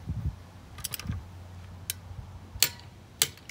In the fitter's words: and we're good